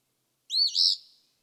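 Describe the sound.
Eastern phoebe song, one hoarse phrase with a rising first note and a smoother buzzy second note, clear against silence.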